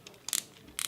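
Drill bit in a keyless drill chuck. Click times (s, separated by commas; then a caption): 0.3 s, 0.8 s. A drill bit is placed in a cordless drill's keyless chuck, and the chuck is twisted tight until its ratchet clicks. Sharp, bright clicks sound at about 0.3 and 0.8 seconds, each followed by a short burst of quick ticks. The chuck is tight on the bit.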